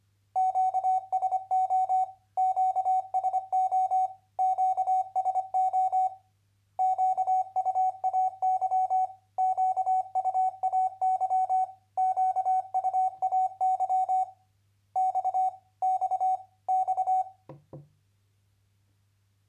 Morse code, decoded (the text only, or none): QSO QSO QSO QUAY QUAY QUAY X X X